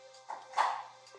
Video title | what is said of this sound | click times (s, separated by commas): BMW F25 X3 OIL CHANGE (N52 2.8i) X-Drive | snap it into place. If you hear that snap, it's good. If you don't hear the snap, it's not there yet. | 0.3 s